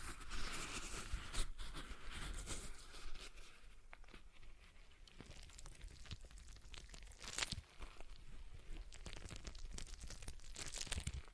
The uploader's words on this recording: ASMR Relaxing Stress Ball Sounds (No Talking).